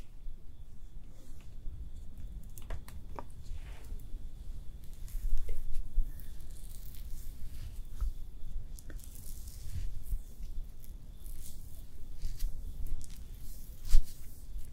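Makeup being applied with no talking: soft brushing, tapping and faint squishy dabs come in irregular, frequent bursts over a low steady rumble. Brief crisp clicks and rustles punctuate the flow, with a sharper tap near the end.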